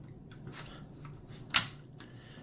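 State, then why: Seated. During a function check of a muzzleloader build, with the hammer at half cock, the rear set trigger of the rifle's trigger mechanism is pulled back. A sharp metallic click sounds at 1.6 s as it seats in the set position, amid a few softer handling sounds. The set trigger is confirmed clicked into position.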